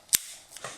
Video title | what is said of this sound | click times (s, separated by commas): Test d'un antivol pour vélo avec combinaison de chiffres | on entend un clip est donc là l'antivol est fixé au cadre et | 0.2 s